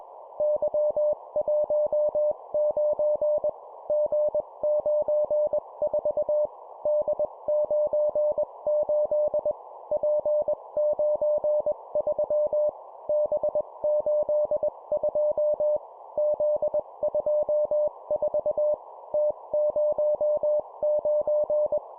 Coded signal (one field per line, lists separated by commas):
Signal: Morse code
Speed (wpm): 21 wpm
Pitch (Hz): 600 Hz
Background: none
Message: Y19 G94 D98 P93 B82 Z24 T09